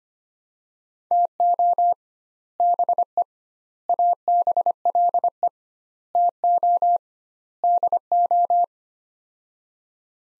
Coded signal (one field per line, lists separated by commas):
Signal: Morse code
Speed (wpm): 25 wpm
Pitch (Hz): 700 Hz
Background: none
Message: TO BE ABLE TO DO